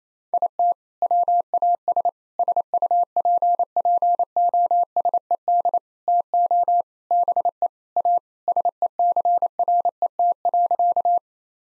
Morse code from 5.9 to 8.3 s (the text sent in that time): TO BE A